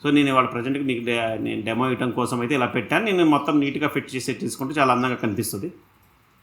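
A detachable surround speaker for a JBL 9.1 soundbar with Dolby Atmos is being handled at the end of the soundbar's dock, where a magnet system is meant to pull it in and lock it automatically. A man talks throughout, and his voice fades to near silence at about 5.8 seconds. Nothing has seated or clicked yet.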